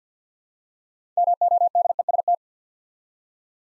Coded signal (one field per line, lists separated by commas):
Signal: Morse code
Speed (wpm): 48 wpm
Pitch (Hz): 700 Hz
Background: none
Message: MODEST